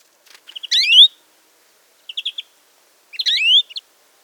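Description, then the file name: European greenfinch calls: short rapid chip trills alternating with a loud rising nasal wheeze, twice in four seconds, against a silent background. "Chloris chloris"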